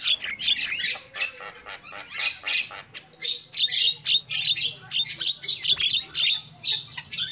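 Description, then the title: Lovebird calls: dense run of shrill, high squawks and chattering chirps, rapidly repeated, with a faint low hum underneath. Lure call used for trapping lovebirds. "PIKAT BURUNG LOVEBIRD"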